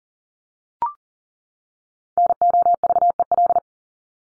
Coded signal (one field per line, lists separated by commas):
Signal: Morse code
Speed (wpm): 40 wpm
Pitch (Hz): 700 Hz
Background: none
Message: NOVEL